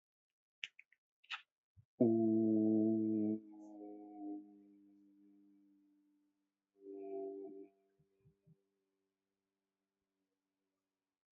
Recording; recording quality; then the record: sustained vowel as in boot; moderate, slight background noise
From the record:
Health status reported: healthy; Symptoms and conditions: none ticked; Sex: male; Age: 34 years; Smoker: not ticked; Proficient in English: yes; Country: India